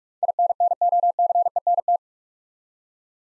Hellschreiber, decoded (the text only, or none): none